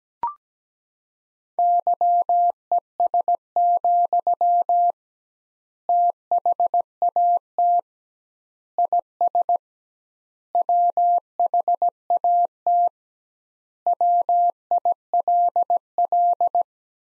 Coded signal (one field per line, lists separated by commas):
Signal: Morse code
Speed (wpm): 17 wpm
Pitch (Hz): 700 Hz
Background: none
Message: YES, THAT IS WHAT WILL